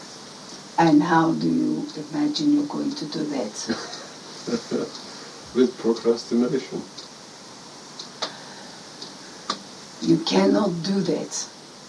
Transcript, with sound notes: And how do you imagine you are going to do that?
(Laughter)
With procrastination.
You cannot do that,